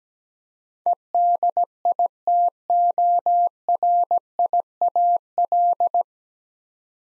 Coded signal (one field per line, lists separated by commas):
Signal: Morse code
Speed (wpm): 17 wpm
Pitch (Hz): 700 Hz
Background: none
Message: EDITORIAL